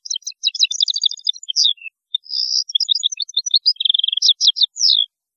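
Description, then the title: European goldfinch song, a continuous fast jumble of bright tinkling chirps, buzzy trills and slurred notes lasting several seconds. "Chant Chardonneret"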